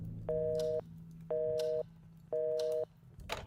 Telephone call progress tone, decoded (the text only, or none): busy tone